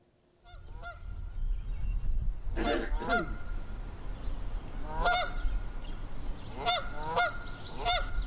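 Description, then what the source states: Canada goose honking: short nasal honks, some in quick pairs, over a steady low rumble of background noise. Two birds calling back and forth with contact calls, which keep the family flock together.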